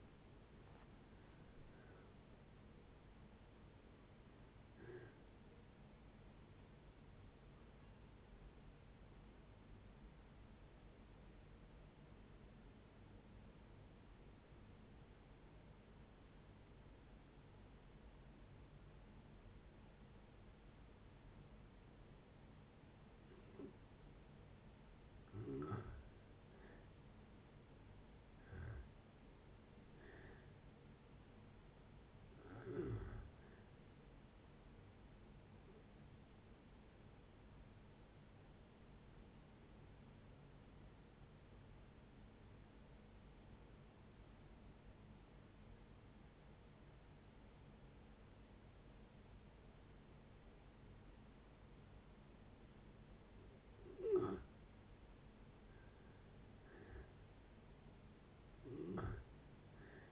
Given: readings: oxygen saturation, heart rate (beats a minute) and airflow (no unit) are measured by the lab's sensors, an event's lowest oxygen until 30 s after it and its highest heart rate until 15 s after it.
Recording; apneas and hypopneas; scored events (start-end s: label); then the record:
breathing in sleep by a voice recorder at the bedside; 2
3.00-33.00 s: new sleep stage, N1 (lightest sleep)
8.00-26.00 s: hypopnea (N1, oxygen 97% highest, then 82% lowest, heart rate 71 at the start, 71 highest)
33.00-60.12 s: new sleep stage, N2 (light sleep)
36.00-55.30 s: hypopnea (N2, oxygen 95% highest, then 84% lowest)
From the record:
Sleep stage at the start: N2 (light sleep); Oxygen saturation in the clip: 82 to 97%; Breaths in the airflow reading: 11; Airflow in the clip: -8.5 to 10.4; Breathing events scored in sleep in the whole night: 496 in 5.4 hours asleep